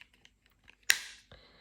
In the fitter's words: Push it in, hear that click, that's now in.